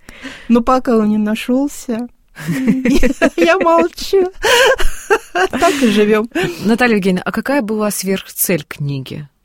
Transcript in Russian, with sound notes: Но пока он не нашёлся, я молчу. Так и живём. (смеются)
Наталья Евгеньевна, а какая была сверхцель книги